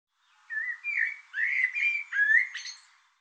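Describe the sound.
Bird song: a run of several whistled, slurred phrases, some rising and some falling, ending with a brief higher buzzy note.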